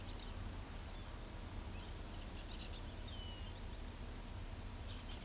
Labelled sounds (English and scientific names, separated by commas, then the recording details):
Orange-chinned Parakeet (Brotogeris jugularis)
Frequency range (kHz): Orange-chinned Parakeet (Brotogeris jugularis) 2.0-6.4 kHz
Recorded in pastures near Pivijay, Magdalena, Colombia, on 1 June 2023 at 08:30
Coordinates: 10.456, -74.369
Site P6-G026